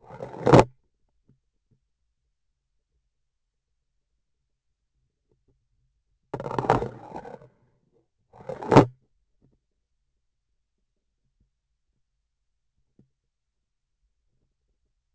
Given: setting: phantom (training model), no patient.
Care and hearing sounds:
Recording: laparoscopic instrument, vibration sensor on the handle end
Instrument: grasping forceps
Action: insertion and removal through the trocar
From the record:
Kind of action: spatial motion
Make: other than Olympus

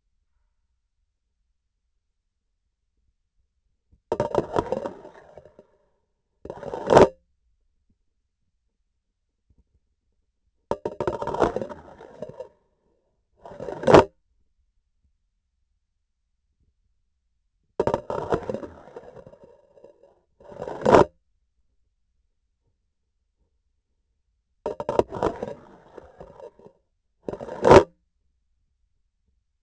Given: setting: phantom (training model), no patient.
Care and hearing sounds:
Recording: laparoscopic instrument, vibration sensor on the handle end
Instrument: grasping forceps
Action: insertion and removal through the trocar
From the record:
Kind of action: spatial motion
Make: other than Olympus

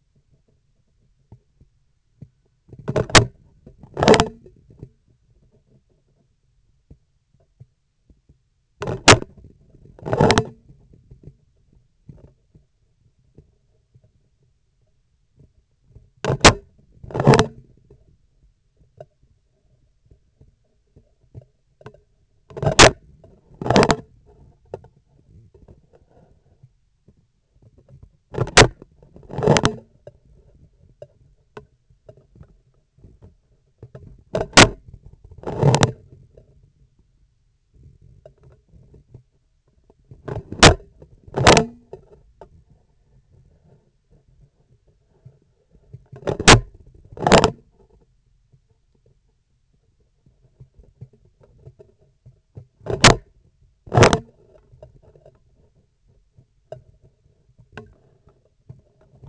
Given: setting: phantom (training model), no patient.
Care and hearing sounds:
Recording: laparoscopic instrument, vibration sensor on the handle end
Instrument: scissors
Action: opening and closing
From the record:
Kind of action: tool actuation without material contact

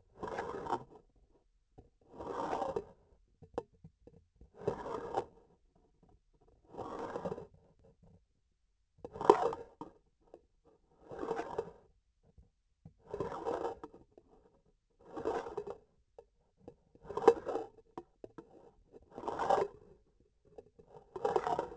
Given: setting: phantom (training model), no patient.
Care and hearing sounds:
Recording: laparoscopic instrument, vibration sensor on the handle end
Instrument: grasping forceps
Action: approaching and retracting movements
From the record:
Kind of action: spatial motion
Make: Olympus

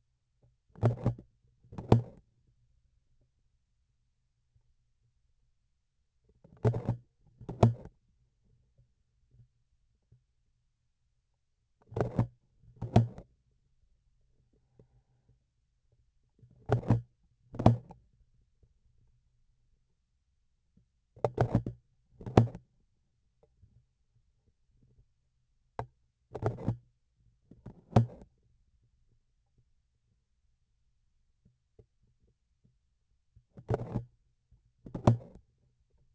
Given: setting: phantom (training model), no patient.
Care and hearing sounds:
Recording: laparoscopic instrument, vibration sensor on the handle end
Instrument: grasping forceps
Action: opening and closing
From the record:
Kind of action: tool actuation without material contact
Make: other than Olympus

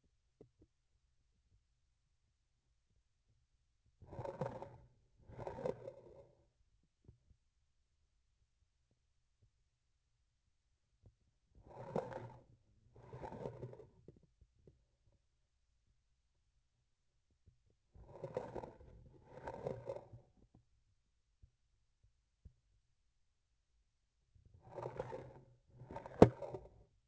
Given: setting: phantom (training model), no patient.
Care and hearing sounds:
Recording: laparoscopic instrument, vibration sensor on the handle end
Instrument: grasping forceps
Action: approaching and retracting movements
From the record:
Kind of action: spatial motion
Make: other than Olympus

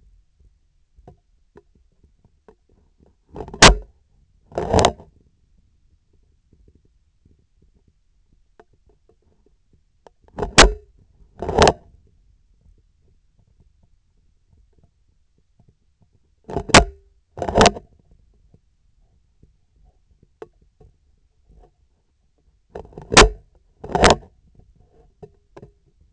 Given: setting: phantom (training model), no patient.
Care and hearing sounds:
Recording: laparoscopic instrument, vibration sensor on the handle end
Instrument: scissors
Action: opening and closing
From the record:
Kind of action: tool actuation without material contact

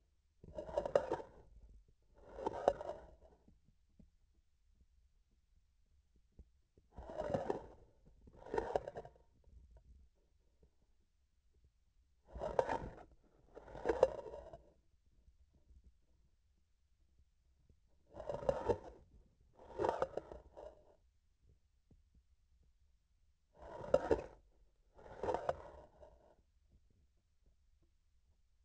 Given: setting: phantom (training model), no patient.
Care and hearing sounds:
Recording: laparoscopic instrument, vibration sensor on the handle end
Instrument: grasping forceps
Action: approaching and retracting movements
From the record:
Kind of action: spatial motion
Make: other than Olympus

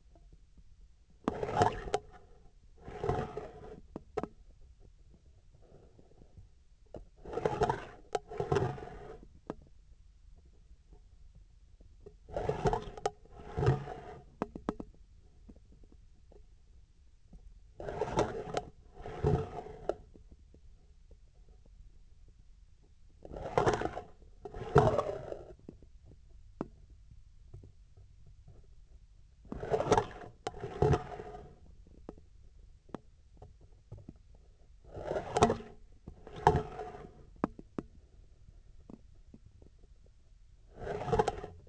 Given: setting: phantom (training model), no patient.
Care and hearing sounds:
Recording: laparoscopic instrument, vibration sensor on the handle end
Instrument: scissors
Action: approaching and retracting movements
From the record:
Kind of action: spatial motion

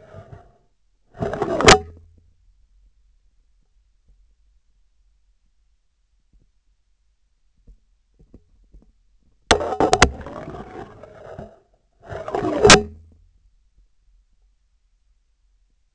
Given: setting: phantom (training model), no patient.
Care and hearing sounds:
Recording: laparoscopic instrument, vibration sensor on the handle end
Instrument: scissors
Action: insertion and removal through the trocar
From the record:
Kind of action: spatial motion

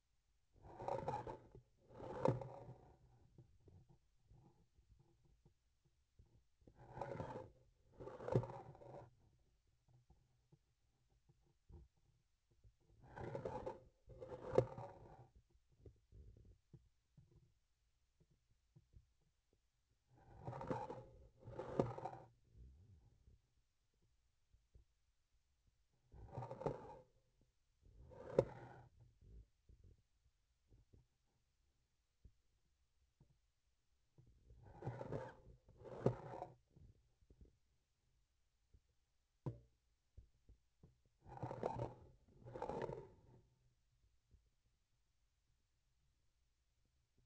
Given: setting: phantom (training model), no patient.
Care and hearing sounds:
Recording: laparoscopic instrument, vibration sensor on the handle end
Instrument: grasping forceps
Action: approaching and retracting movements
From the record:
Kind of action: spatial motion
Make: other than Olympus

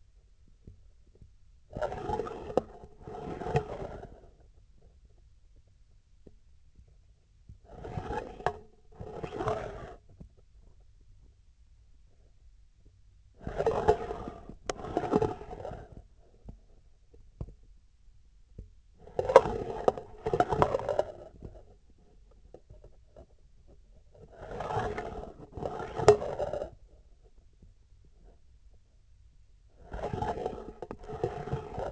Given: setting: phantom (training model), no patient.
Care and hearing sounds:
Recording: laparoscopic instrument, vibration sensor on the handle end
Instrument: scissors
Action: approaching and retracting movements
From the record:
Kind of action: spatial motion

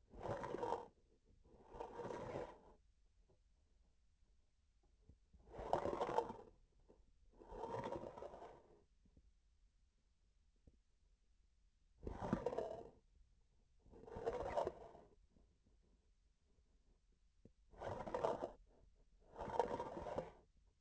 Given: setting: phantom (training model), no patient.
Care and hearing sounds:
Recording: laparoscopic instrument, vibration sensor on the handle end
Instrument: grasping forceps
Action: approaching and retracting movements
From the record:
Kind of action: spatial motion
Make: other than Olympus

